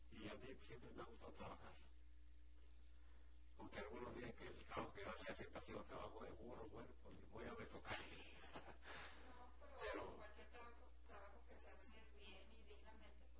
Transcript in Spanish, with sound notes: Y a mí siempre me ha gustado trabajar, aunque algunos dicen que el trabajo que yo hacía siempre ha sido trabajo de burro, bueno, pos ni modo, ya me tocaba. (risas)
No pero, cualquier trabajo que se hace bien y dignamente